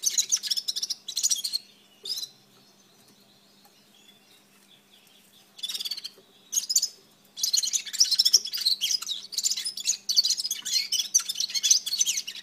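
Red-fronted serin twittering: runs of rapid, high, jingling notes broken by silences, one lasting a few seconds.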